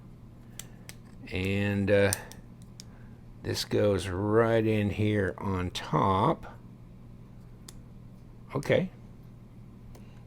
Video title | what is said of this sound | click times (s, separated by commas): Kizer Contrail / includes disassembly/ Justin Lundquist design | Okay. That clicked into place. | 7.7 s